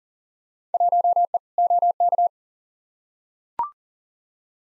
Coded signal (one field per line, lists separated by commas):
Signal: Morse code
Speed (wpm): 40 wpm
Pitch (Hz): 700 Hz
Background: none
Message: 1E OK